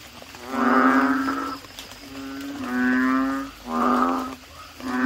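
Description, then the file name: Asian common toad calls, several low, moaning, long humming notes that swell and fade. "suara kodok bangkong"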